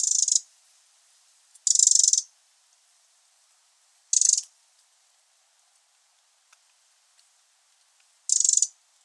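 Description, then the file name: Eurasian wren calling with four high, dry rattles at uneven intervals, the first cut off at the start. "Troglodytes troglodytes"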